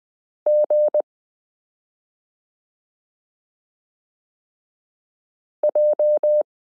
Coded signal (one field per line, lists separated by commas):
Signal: Morse code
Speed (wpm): 20 wpm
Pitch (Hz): 600 Hz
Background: none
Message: GJ